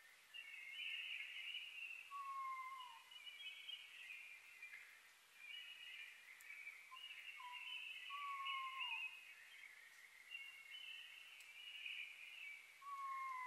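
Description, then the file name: Oriental scops owl giving several brief falling whistled notes across the stretch, set against a continuous high-pitched chorus. Recorded 21 May 2011 at 19:12; Japanese name konohazuku. "DH-D 50-konohazuku-20110521-1912"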